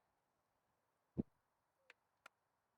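A plastic automotive wiring harness connector for a truck's start-stop module, behind the dash, is worked loose after its locking tab is lifted and then pulled free. Against a quiet hum, a dull low thump comes at 1.2 s and a light tick at 1.9 s, followed by a sharp click at 2.3 s. The connector is unlatched and fully out.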